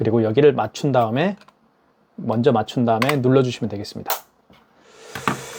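Someone talks while the plastic paper compartment cover of a KCP-P4200QN wireless card terminal is first aligned and then pressed closed onto the terminal body. A sharp snap at 5.3 s shows the cover has seated.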